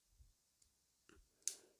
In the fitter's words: so satisfying when you hear the snap it's